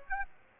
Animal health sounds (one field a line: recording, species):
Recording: mosquito wingbeat signal from an infrared sensor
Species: Aedes aegypti